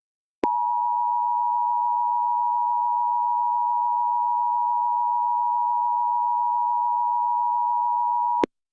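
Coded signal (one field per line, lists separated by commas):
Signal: Emergency Alert System (SAME) tones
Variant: 853 and 960 Hz attention tone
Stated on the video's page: Fictional scenario alert, simulated rather than real.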